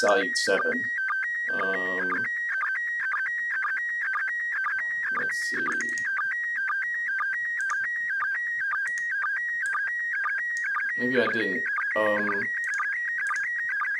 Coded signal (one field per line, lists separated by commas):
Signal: SSTV (slow-scan television)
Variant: PD 120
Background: speech